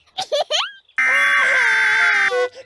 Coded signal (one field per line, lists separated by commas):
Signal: Emergency Alert System (SAME) tones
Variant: header bursts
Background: speech